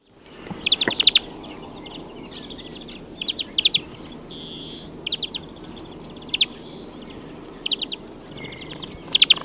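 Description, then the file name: European greenfinch calls: repeated brief trilled bursts of rapid notes at irregular intervals, with two drawn-out nasal buzzy notes between them. "Chloris chloris"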